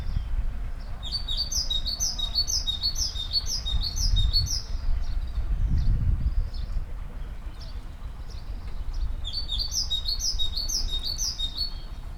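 Great tit: rapid series of high, downslurred notes in two clusters, over steady low rumbling background noise.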